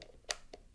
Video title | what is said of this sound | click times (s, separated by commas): 01 Better Photos and Video - Introduction | till it clicks, and then close the door. | 0.3 s